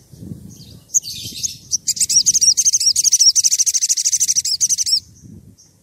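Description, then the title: Oriental magpie-robin pouring out a dense, high, rapidly pulsed trill lasting several seconds, with a low rumble underneath. Fluently singing (gacor) bird, whistling used as a lure to provoke other magpie-robins into answering. "Pancingan Suara Siulan Kacer Gacor Mantap Untuk Memancing Kacer Lain Agar Mau Nyaut Bunyi"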